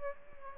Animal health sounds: mosquito wingbeat signal from an infrared sensor; Aedes aegypti

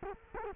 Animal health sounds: mosquito wingbeat signal from an infrared sensor; Culex quinquefasciatus

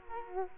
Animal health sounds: mosquito wingbeat signal from an infrared sensor; Culex quinquefasciatus

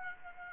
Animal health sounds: mosquito wingbeat signal from an infrared sensor; Aedes aegypti

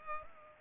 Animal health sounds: mosquito wingbeat signal from an infrared sensor; Culex pipiens

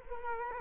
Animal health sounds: mosquito wingbeat signal from an infrared sensor; Culex quinquefasciatus

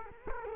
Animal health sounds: mosquito wingbeat signal from an infrared sensor; Culex quinquefasciatus

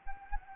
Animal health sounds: mosquito wingbeat signal from an infrared sensor; Anopheles gambiae

